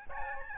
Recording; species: mosquito wingbeat signal from an infrared sensor; Aedes albopictus